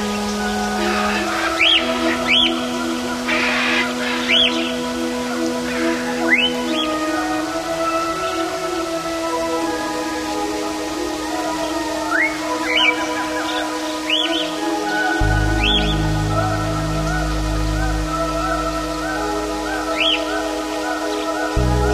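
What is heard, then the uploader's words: Amazon rainforest sounds: steady dense insect hum with repeated rising bird whistles every few seconds, and a low droning rumble near the end. Sounds of the Amazon rainforest.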